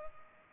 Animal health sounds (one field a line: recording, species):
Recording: mosquito wingbeat signal from an infrared sensor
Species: Culex pipiens